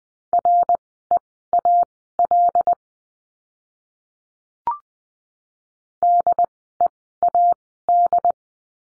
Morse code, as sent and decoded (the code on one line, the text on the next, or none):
.-. . .- .-.. / -.. . .- -..
REAL DEAD